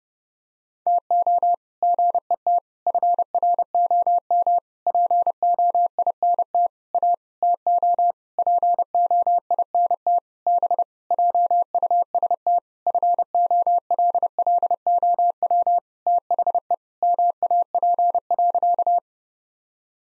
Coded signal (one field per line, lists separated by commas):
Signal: Morse code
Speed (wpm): 28 wpm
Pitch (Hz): 700 Hz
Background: none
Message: TO GET FROM POINT A TO POINT B JUST FOLLOW THE MAP.